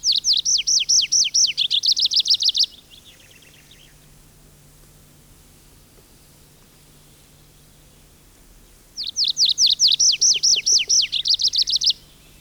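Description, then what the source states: Tree Pipit song: two rapid trilled phrases of high repeated notes, the first ending in lower dropping notes, separated by several seconds of quiet background hiss. One of the commonest forest singers, typical of pine forest; Finland, early June morning; sings conspicuously from high treetops, rising in song flight and gliding to another treetop or ground, giving longest phrases in flight.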